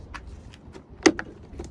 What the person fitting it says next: Heard it click in.